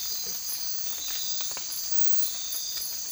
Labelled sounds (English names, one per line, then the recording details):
none
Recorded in dense forest near Puerto Asís, Putumayo, Colombia, on 19 March 2025 at 01:00
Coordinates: 0.503, -76.323
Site GP09